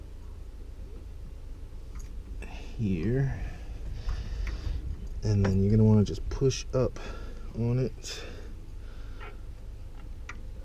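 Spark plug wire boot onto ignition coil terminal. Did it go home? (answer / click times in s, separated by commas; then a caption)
yes / 10.3 s. Someone talks while the rubber boot of a new spark plug wire is pushed up onto the ignition coil terminal of a 2011 GMC Sierra SLE 5.3 V8. A short, quiet click is heard at 10.3 s as the boot seats on the coil; the click is felt more than heard.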